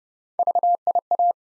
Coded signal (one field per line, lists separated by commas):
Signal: Morse code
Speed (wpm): 30 wpm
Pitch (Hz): 700 Hz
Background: none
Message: VIA